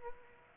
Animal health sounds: mosquito wingbeat signal from an infrared sensor; Aedes aegypti

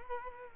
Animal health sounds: mosquito wingbeat signal from an infrared sensor; Culex quinquefasciatus

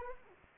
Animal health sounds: mosquito wingbeat signal from an infrared sensor; Anopheles arabiensis

